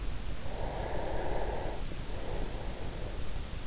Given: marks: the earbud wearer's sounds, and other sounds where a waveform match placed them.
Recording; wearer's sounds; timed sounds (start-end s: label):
sounds in sleep by an in-ear microphone; breath
0.48-3.44 s: breath